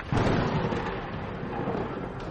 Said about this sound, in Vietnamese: Những đám mây đen ở trên bầu trời gầm rú, bị trường hà hình thành bởi tia chớp xuyên thủng. Trong lúc kịch liệt quay cuồng, một tiếng sấm kinh thiên động địa đột nhiên nổ tung giữa mây mù phía trên.